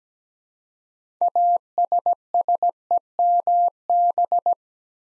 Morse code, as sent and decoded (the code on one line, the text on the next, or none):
.- ... ... . -- -...
ASSEMB